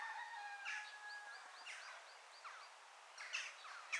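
Bird chirping: several short looping chirps, with sharper high notes near the end over a steady background hiss.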